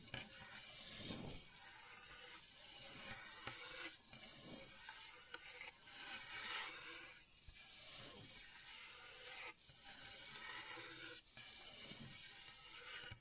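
Gentle scratching in steady, rubbing strokes, bright and hissy, with brief pauses near 4, 7, 9.5 and 11 seconds between passes.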